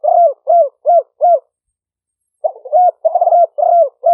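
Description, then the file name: Spotted dove cooing: four short, hollow, evenly spaced coos, a pause of about a second, then a rougher burbling phrase running into further soft coos. Vietnamese cooing style called "5 hậu". "tieng-cu-gay-5-hau"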